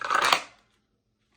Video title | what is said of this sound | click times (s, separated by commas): MY $6000 GUN COLLECTION 2025 | which is cool fits like a glove got the positive click | 0.3 s